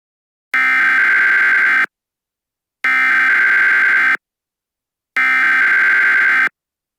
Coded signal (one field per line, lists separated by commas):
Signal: Emergency Alert System (SAME) tones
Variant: header bursts